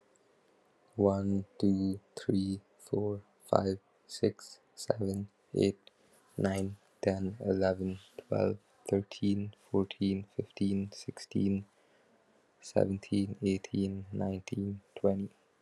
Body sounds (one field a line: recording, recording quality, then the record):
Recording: counting at a normal pace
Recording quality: excellent, no background noise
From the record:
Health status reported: recovered from COVID-19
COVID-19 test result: positive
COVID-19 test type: RT-PCR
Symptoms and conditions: cough, fatigue, muscle pain, loss of smell and taste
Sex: male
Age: 21 years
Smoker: no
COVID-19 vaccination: both doses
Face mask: not worn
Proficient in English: yes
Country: India